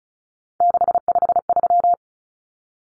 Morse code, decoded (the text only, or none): 653